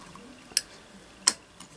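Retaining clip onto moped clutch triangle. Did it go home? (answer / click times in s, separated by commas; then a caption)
yes / 0.6 s, 1.3 s. A small spring retaining clip that holds the clutch triangle on a Peugeot 103 RCX/SPX moped clutch is engaged by hand, then pushed with flat-nose pliers. Two sharp, loud, bright snaps ring out at 0.6 s and 1.3 s, with faint ticks around them. The clip seats home on the clutch triangle.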